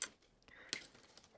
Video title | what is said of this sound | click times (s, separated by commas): Easter Story 3D Egg Lantern (+ more designs) | They make a nice satisfying little click when it goes in. | 0.0 s, 0.7 s